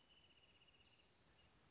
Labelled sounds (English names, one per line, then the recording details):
Wrentit
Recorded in Sonoma County, California